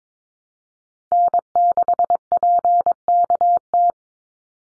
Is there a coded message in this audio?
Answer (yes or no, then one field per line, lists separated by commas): yes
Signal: Morse code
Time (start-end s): 1.1-3.9 s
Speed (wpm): 22 wpm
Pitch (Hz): 700 Hz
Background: none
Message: N6PKT